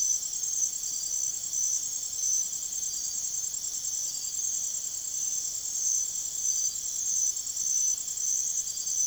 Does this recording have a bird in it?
no